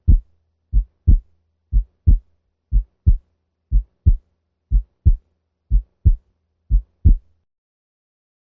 Paradoxical splitting occurs when the aortic valve closure is significantly delayed with respect to the pulmonic valve, reversing the normal sequence. P2 now precedes A2. The S2 split now increases during expiration and decreases with inspiration. Paradoxical splitting occurs with left bundle branch block and rarely with aortic stenosis. Listen first at 60 beats per minute.